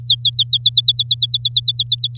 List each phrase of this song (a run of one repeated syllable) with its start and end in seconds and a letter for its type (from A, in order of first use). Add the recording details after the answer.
0.03-0.43 A, 0.47-2.17 B. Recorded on 8 May 2018 at 14:20. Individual llb16